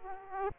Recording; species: mosquito wingbeat signal from an infrared sensor; Aedes aegypti